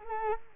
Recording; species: mosquito wingbeat signal from an infrared sensor; Culex quinquefasciatus